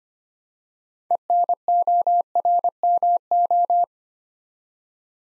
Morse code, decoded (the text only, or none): ENORMO